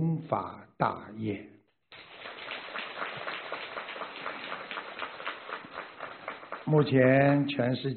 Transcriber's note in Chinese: 掌声